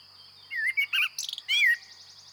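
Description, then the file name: Common blackbird singing a fluty whistled phrase that slides around a mid pitch, followed by a brief high twittering flourish, over a steady high-pitched background hum. "Turdus merula"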